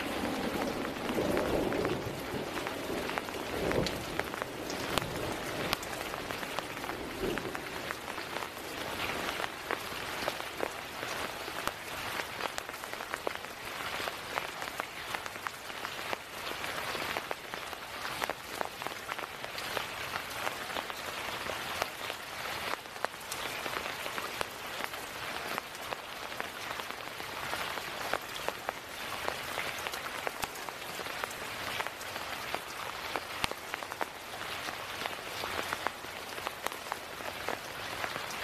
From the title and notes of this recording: High Quality Rain on a Tent. Relaxing camping ambience with high quality rain falling on a tent.